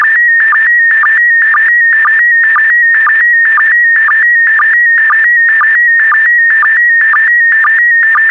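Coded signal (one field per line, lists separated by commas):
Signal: SSTV (slow-scan television)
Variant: PD120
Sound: steady whistling tone, slightly stepping in pitch, with short low blips about twice a second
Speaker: complete you can now check your decoded image against the picture that is shown on the video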